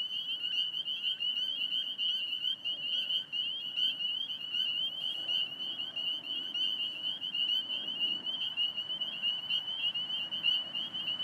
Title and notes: Spring Peepers calling despite their habitat having been recently mowed down (cattails, grasses). Traffic noises in background from Fort Hunt Rd. Alexandria, VA. Recorded 032717 at 8:06pm